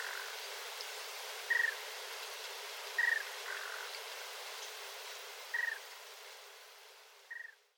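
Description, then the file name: Swinhoe's rail calls: four short, dry clicking bursts at irregular intervals of about one to three seconds over a soft steady background hiss. Recorded at Tsurui on 7 August 2016. "shimakuina tsurui hanada"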